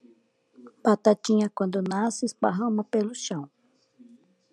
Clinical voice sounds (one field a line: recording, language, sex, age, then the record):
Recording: short text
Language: Brazilian Portuguese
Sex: female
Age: 50 to 59 years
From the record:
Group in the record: control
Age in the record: 58 years